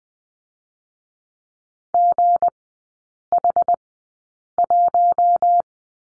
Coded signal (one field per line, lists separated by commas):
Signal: Morse code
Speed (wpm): 20 wpm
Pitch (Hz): 700 Hz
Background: none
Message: GH1